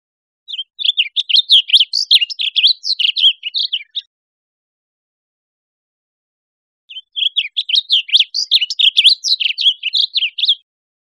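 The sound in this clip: Blue grosbeak delivering two fast, scratchy warbled song phrases, each around three and a half seconds, with a quiet pause between them.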